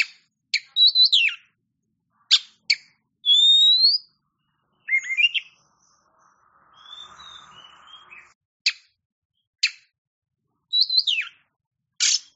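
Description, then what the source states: Oriental magpie-robin giving spaced clicks and looping whistled notes, with a soft hissing rush of noise in the middle. A champion-class Oriental magpie-robin (kacer) singing.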